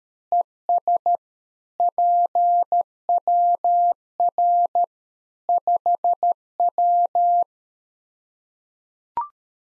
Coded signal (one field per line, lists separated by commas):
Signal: Morse code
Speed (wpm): 13 wpm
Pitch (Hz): 700 Hz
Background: none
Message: ES PWR 5W